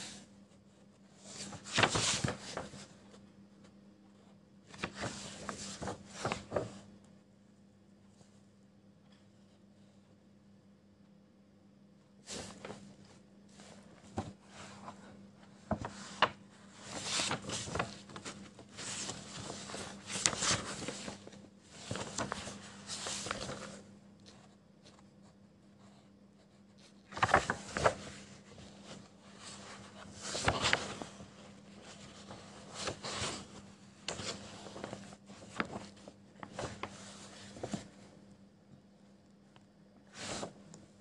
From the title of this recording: Pencil ASMR, quiet space, page flipping, scribbles